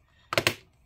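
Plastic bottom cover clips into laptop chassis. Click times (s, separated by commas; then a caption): 0.3 s, 0.4 s, 0.5 s. The plastic bottom cover of an HP Pavilion Gaming Laptop 16-a0097nr is pressed around its edges so the edge clips snap into the laptop chassis. Three sharp, bright plastic snaps are heard at 0.3, 0.4 and 0.5 seconds, the last two loudest, over a near-silent background. All the clips click in and the cover is fully seated.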